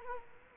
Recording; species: mosquito wingbeat signal from an infrared sensor; Culex quinquefasciatus